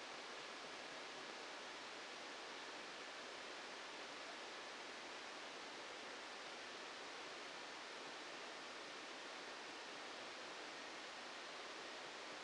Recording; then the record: brain microelectrode recording played as sound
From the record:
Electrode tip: outside the subthalamic nucleus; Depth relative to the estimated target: -4 mm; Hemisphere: left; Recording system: NeuroSet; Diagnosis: Parkinson's disease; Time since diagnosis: 14 years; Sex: male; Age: 51 years